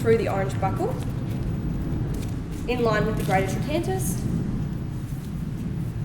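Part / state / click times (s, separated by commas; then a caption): pelvic splint strap and buckle around the pelvis / not seated / none. Someone talks over a steady low background hum while a black strap on a SAM pelvic splint around the pelvis is fed through the orange buckle and the splint is lined up with the greater trochanters before tightening. Nothing has clicked yet; the splint is positioned but not tensioned.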